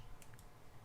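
A second crimped wire terminal is pushed into a plastic connector housing during an ARB Sahara bumper install on a 100 series Land Cruiser LX470. A sharp click at 0.2 s marks it locking into place, followed by two fainter ticks near 0.3 and 0.4 s over a low steady hum. The terminal is seated.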